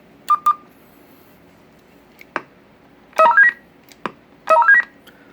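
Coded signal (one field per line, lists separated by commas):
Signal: roger beep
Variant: Roger beep 4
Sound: two quick rising melodic beep runs, like an ascending scale, with key clicks between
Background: small room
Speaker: there you go pretty cool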